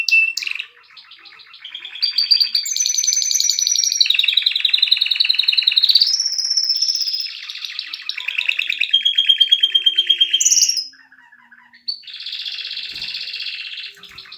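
Canary song of sustained fast trills and rolling tours at varied pitches, broken by brief pauses, ending with a buzzy high trill.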